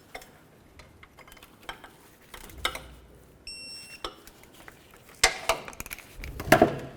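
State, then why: Torque reached. A torque wrench set to 62 inch-pounds tightens the crankshaft position sensor bolts on a 2004-08 Ford F-150. Scattered light metallic ticks and a brief high steady tone around 3.5–4.1 s come before sharp clicks at 5.2 s and 6.5 s. Each click marks a bolt reaching the setting, and both bolts are then torqued.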